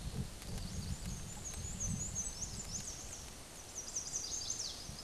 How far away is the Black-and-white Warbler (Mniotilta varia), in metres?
about 35 m